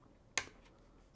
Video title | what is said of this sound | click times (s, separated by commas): Detailed Build in Montech King 95 Pro PC Case | and just click in place and it's SC to go | 0.4 s